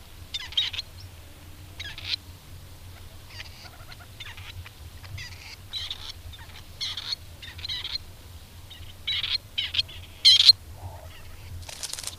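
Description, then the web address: Grey partridge giving harsh, scratchy, buzzy calls in short bursts, repeated irregularly, with a steady low hum underneath. "agykontroll Madardalok Cd 2. Fogoly"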